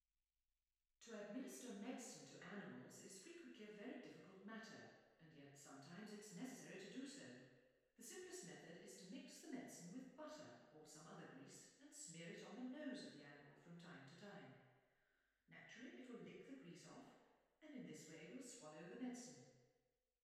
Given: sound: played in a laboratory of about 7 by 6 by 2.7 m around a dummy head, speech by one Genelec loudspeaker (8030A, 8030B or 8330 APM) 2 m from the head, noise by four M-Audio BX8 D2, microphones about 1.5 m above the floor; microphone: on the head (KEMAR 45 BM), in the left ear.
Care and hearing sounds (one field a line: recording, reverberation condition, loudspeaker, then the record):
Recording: female speech in English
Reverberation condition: high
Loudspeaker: 150 degrees to the right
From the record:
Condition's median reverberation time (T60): about 1300 ms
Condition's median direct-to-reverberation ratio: about -4.0 dB